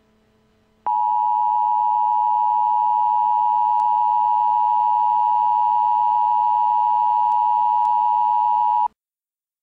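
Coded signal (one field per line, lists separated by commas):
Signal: Emergency Alert System (SAME) tones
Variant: 853 and 960 Hz attention tone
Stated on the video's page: Simulated EAS civil emergency message, one of a series of realistic and extreme scenario recreations.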